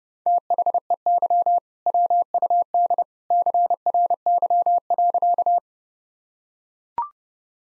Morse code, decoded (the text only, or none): THEY WUD CRY.